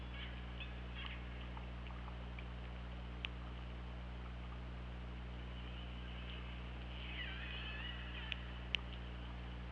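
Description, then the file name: Killer whale call: scattered faint tones and clicks, then a wavering harmonic call late on, with sharp ticks over a steady low hum. Recorded by OrcaLab hydrophone on 24 August 2017 at 21:18:28. "Orca Lab UTLN JASON 20170824 211828"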